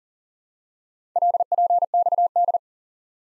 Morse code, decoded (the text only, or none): LPXD